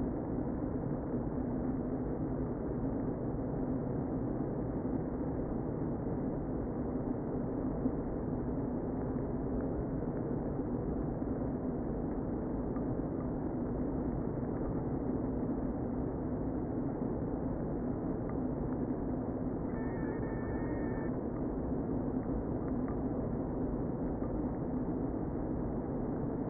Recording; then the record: honeybee colony, microphone inside the hive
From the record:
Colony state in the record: queen present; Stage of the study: before two queens were removed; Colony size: about 60,000 bees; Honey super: yes